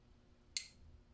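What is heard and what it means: A wiring harness connector is pushed back onto its mating socket on the engine, either the coil or the harness, of a 2008–2012 Ford Escape/Mazda Tribute/Mercury Mariner Duratec 24-valve 3.0L V6 during spark plug replacement. A single sharp, bright snap is heard at 0.6 s over quiet background. The connector is seated and plugged back on.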